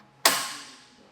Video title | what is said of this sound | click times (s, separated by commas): etrailer - Thule T2 Pro XTR 2 Bike Rack Fit Verified - 2025 Nissan Kicks | Snaps into place. | 0.3 s